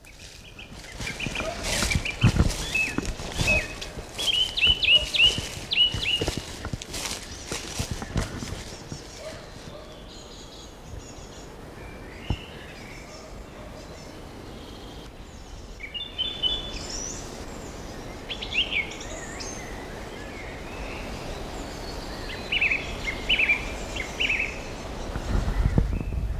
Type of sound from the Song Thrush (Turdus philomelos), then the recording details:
song. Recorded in the wild. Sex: male. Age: adult. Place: Glienicke/Nordbahn, Brandenburg, DE. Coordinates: 52.64, 13.3436. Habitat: forest. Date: 1988-06-12 10:43. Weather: sunny, 14-18°C, gusty winds. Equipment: Nagra SN, Kopie Tesla B 116. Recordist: Tembrock, Günter